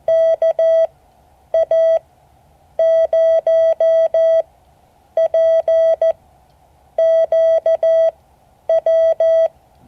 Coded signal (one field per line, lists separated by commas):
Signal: Morse code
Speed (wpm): 14 wpm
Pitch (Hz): 650 Hz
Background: none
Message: KA0PQW